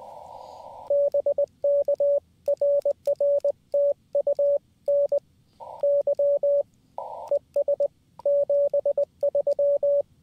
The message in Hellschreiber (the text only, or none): none